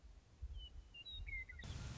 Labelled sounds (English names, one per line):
Western Meadowlark